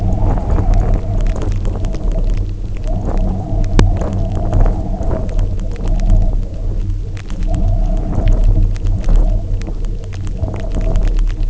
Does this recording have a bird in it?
no